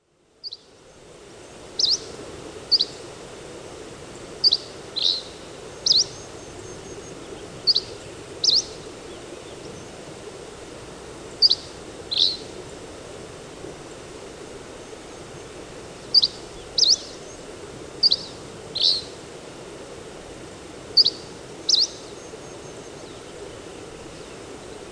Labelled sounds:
Hammond's Flycatcher (Empidonax hammondii) song
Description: Hammond's Flycatcher song recorded on the Fern Lake Trail in Rocky Mountain National Park
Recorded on 10 June 2015

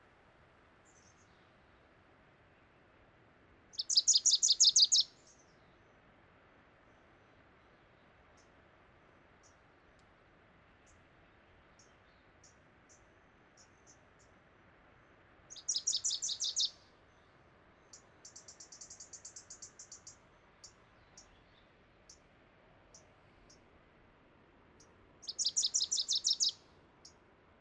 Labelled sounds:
Wilson's Warbler (Cardellina pusilla) song
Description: Wilson's Warbler song recorded at the Alluvial Fan in Rocky Mountain National Park
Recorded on 31 May 2017

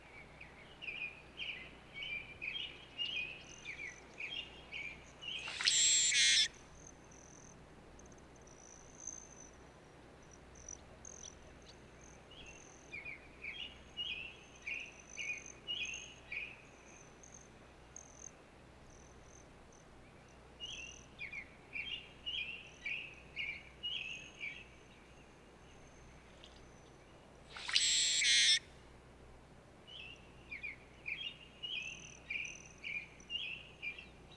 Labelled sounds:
Brewer's Blackbird (Euphagus cyanocephalus) song
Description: Brewer's Blackbird song recorded in Moraine Park in Rocky Mountain National Park
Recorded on 29 May 2017

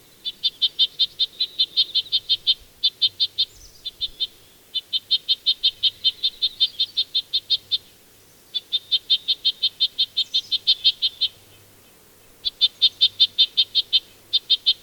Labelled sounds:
Red-breasted Nuthatch (Sitta canadensis) call
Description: Red-breasted Nuthatch call recorded on the Gem Lake Trail in Rocky Mountain National Park
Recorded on 22 June 2015

